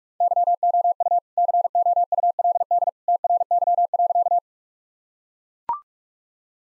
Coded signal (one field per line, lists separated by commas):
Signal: Morse code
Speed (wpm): 43 wpm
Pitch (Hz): 700 Hz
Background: none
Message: YOU COULD TRY.